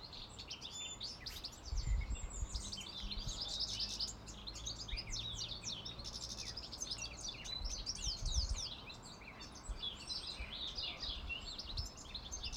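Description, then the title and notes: Birds singing in a busy chorus of high chirps, trills and sharp tweets overlapping throughout, over a steady low rumble. Birds in Leatherhead on 26 April 2020. "Birds In Leatherhead by escdotdot"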